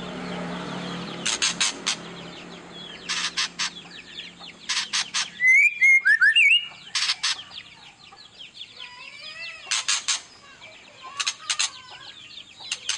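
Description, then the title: White-rumped shama song, loud clicking notes in bursts mixed with rich whistled phrases and quick notes. Used as a lure to make other birds respond; described as gacor, a bird singing constantly. "PANCINGAN MEWAH MURAI BATU GACOR, SEKALI DENGAR AMPUH LANGSUNG RESPON"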